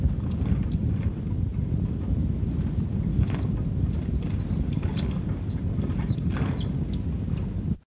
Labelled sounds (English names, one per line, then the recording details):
African Silverbill call
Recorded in captivity
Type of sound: call
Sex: male
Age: adult
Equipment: Halbspur, 9,5 cm/s
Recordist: Lütgens, Hans
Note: Kampflaut gegen zweites Männchen